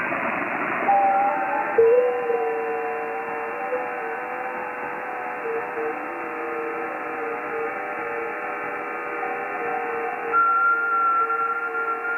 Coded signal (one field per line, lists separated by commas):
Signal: FT8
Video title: QLog (By W2JDB) as a companion program to WSJT-X for the Visually Impaired / Blind HAM.